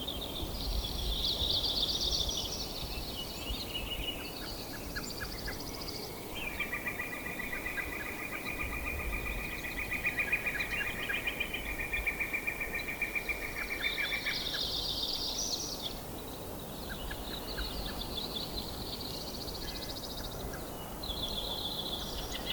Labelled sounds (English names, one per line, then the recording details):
Red-naped Sapsucker drumming
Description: Red-naped Sapsucker drum recorded in Horseshoe Park in Rocky Mountain National Park
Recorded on 19 May 2016